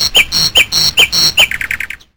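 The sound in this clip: Bird calls: repeated harsh, squawky notes, then a quick run of several short chirps before the sound cuts off.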